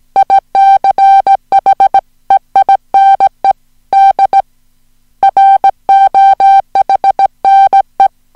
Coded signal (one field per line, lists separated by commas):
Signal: Morse code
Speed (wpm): 17 wpm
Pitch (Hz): 780 Hz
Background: music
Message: ICH EINE DROHNE